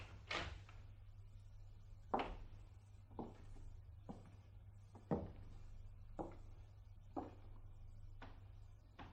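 A door being opened: a run of sharp clunks and clicks, about eight, spaced irregularly over a steady low hum, with a louder knock near the start and another midway.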